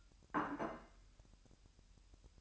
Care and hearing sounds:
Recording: daily activity, microphone in the room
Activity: place plate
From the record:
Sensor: 2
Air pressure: 1001.9 hPa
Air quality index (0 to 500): 248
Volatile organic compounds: 39 ppm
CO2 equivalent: 3136 ppm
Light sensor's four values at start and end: 8/28/11/10 and 8/28/11/10

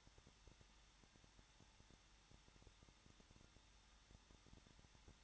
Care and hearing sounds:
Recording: daily activity, microphone in the room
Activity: no activity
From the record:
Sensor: 3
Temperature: 21.2 degrees Celsius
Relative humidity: 36.4%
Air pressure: 1006.4 hPa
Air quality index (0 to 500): 223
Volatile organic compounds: 43 ppm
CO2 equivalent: 3191 ppm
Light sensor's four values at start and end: 2/3/2/2 and 2/3/2/2

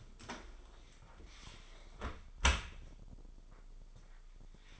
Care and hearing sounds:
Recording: daily activity, microphone in the room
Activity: close dishwasher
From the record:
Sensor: 5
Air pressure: 995.9 hPa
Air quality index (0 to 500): 104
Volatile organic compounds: 7 ppm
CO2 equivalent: 2008 ppm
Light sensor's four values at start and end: 42/100/41/44 and 42/99/41/44

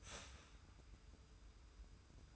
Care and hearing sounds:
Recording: daily activity, microphone in the room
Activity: start toaster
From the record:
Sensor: 2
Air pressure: 990.5 hPa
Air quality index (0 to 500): 165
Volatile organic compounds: 870 ppm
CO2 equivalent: 5186 ppm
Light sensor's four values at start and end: 30/71/29/29 and 30/71/29/29

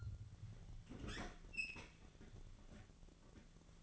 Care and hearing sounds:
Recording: daily activity, microphone in the room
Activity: open fridge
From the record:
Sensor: 4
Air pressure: 1000.9 hPa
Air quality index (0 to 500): 127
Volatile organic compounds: 1 ppm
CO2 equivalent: 952 ppm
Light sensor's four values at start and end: 32/77/32/35 and 28/67/28/31

